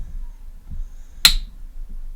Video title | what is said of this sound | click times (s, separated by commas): Real Steel Ventus #blade #edc #edcknife #knife #pocketknife #knives #knifelife #titanium | hear that click | 1.2 s